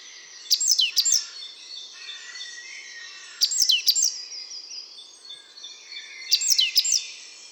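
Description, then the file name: Great tit calls: short clusters of two or three sharp, high, falling notes, repeated roughly every three seconds. "Parus major"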